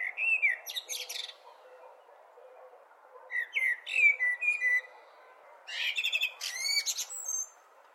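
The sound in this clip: Blackbird singing three separate phrases, mellow whistled notes sliding up and down, each followed by a sharp high-pitched chattering flourish, with quiet gaps between them.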